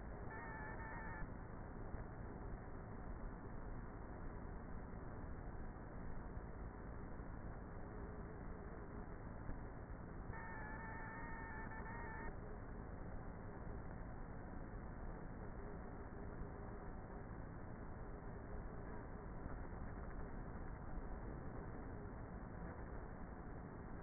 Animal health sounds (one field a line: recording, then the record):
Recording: honeybee colony, microphone inside the hive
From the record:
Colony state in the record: queenless with a low population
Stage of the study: before two queens were removed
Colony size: about 30,000 bees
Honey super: no